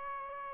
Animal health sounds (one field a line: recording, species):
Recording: mosquito wingbeat signal from an infrared sensor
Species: Aedes albopictus